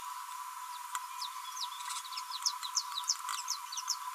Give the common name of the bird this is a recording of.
Green-rumped Parrotlet